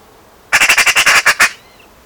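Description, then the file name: Eurasian magpie chatter, a harsh, rattling burst of about ten rapid notes lasting around a second, over faint background hiss. "Pica pica"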